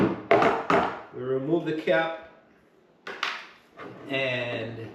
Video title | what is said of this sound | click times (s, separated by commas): Most Important pre-op actions for HIP surgery! Prayer, equipment,exercise,food and medication | And turn it around. You hear it clicks in. | 0.3 s